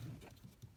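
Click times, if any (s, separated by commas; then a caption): none. The red plastic locking clip on a wiring connector is handled during a multifunction switch replacement on a 2001–2005 PT Cruiser. There are low, muffled handling sounds and a brief soft tap near 0.6 seconds. Nothing has seated or clicked yet.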